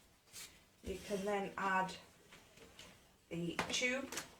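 Someone talks while handling a plastic extension tube for a Vax SlimVac handheld stick vacuum, getting ready to push it onto the vacuum body to turn it into a full-size machine. A brief, faint handling sound comes at about 2.8 s. The clip ends before the tube goes home, and nothing has clicked or seated yet.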